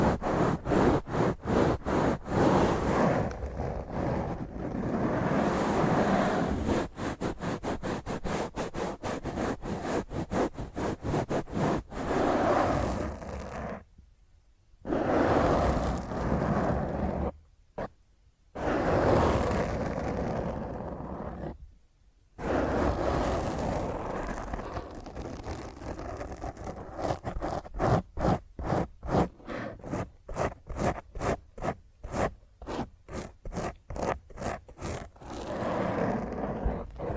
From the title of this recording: Intense Rough Mic Scratch using HandNails